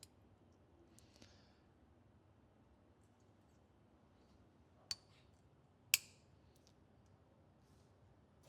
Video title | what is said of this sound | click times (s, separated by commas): Ford Cleveland Vacuum Pump Bracket - Unrivaled Engineering | You can see that the mandrel has a recess inside of it and the hub will click into it. | 4.9 s, 5.9 s